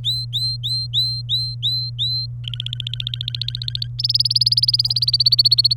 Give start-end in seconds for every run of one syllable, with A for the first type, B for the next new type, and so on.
0.04-2.26 A, 2.44-3.87 B, 3.99-5.73 C